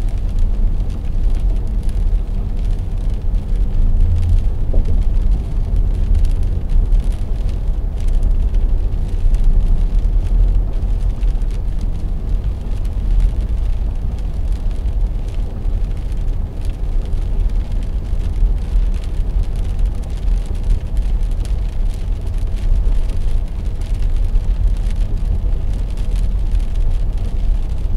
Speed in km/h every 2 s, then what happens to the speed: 78, 78, 78, 78, 79, 79, 78, 78, 79, 79, 82, 82, 82, 80.
0-28 steady at about 79.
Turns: none.